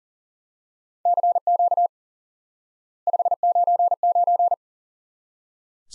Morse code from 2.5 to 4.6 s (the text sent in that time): 599